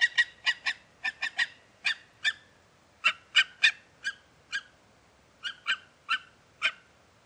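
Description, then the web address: Gyrfalcon giving many harsh, rasping call notes, singly and in quick groups, with short pauses between. "sound Gyrfalcon. صدای-پرنده-شنقار"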